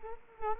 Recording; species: mosquito wingbeat signal from an infrared sensor; Culex quinquefasciatus